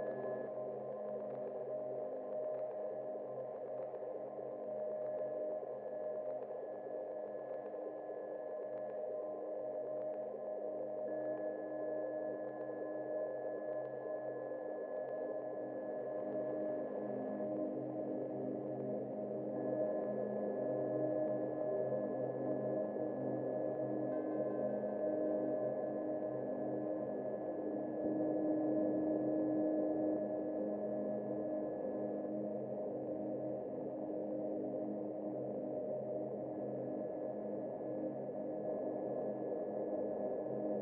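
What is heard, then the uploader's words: A dense, steady drone of layered resonant tones from an effects matrix and resonator, with sustained pitches stacked through the low and middle range. Around fifteen seconds the low rumble thins and the texture shifts, growing slightly louder, with faint high tones persisting throughout. Texturas sonoras a partir de una matriz de efectos y un resonador. Sound textures from an effects matrix and a resonator.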